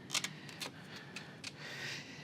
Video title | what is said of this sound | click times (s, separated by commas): How to Install TOTO WASHLET+ Bidet Toilets Nexus S7 | and push it until you hear it click. | 0.2 s